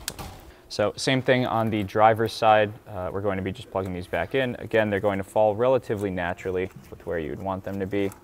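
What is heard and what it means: A cam position sensor connector with no locking tab is pushed down onto its sensor on a 2005–2012 Mercedes W203 with the M272 engine, giving a sharp click at 0.1 s. The connector is seated, and someone then talks for the rest of the clip.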